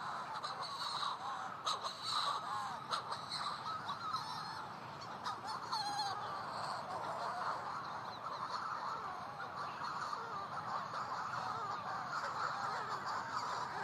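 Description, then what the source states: Manx Shearwaters calling in flight, a continuous chorus of hoarse, crowing cackles from several overlapping birds. Calls above the colony on the Skelligs in the Atlantic, in near-total darkness; awaited by a mate incubating a single egg in a burrow, possibly days without a meal.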